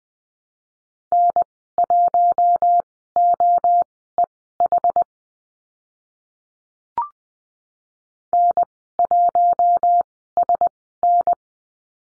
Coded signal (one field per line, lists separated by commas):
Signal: Morse code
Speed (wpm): 20 wpm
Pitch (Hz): 700 Hz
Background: none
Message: N1OEH N1SN